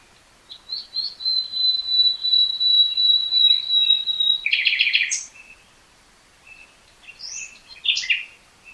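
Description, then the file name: Common nightingale holding a long steady high whistle for several seconds, breaking into a rapid rattling trill, then soft chirps and twitters. "Luscinia megarhynchos"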